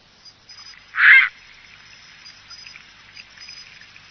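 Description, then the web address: Bird giving a single short, harsh call, then quiet apart from a steady faint hiss. Bird calling in Higashiosaka, Japan. "higashiosaka bird koe"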